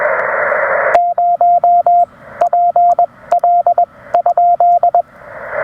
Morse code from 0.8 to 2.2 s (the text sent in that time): 0